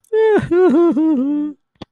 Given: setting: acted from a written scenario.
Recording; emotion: vocal sound without words; sadness